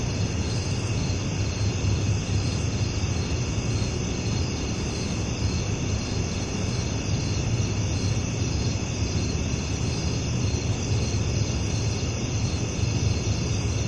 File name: Sound Ideas 2000 Series. Residential Daytime Crickets And Grasshoppers, Ambience, Country